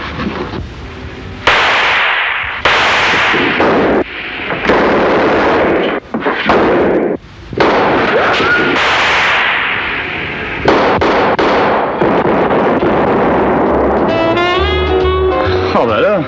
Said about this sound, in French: Mais t'as tiré au canon maintenant?